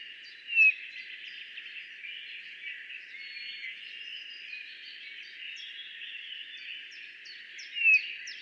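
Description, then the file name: Eurasian bullfinch producing one soft, downslurred piping whistle near the start and another near the end, with scattered faint high chirps from other birds in between. "Pyrrhula pyrrhula"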